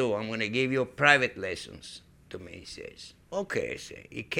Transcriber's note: none